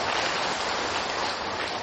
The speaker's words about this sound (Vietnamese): Một tràng pháo tay thẳng cho quý vị.